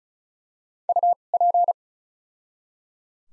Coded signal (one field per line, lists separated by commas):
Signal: Morse code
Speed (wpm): 36 wpm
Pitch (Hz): 700 Hz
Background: none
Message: U P